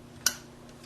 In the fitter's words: We're going to take and line it up and slide it in. Listen for the clicking sound